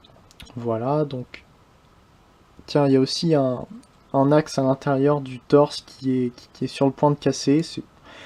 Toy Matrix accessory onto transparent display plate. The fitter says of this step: si je n'y fais pas suffisamment attention ça se clipse dessus assez bien par contre voilà